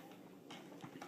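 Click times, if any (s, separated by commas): none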